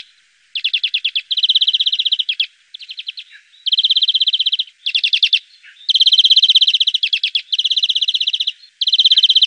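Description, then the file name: European greenfinch song of rapid, ringing trills and rattles repeated in bursts with short pauses, continuing steadily throughout. "greenfinch omkicau"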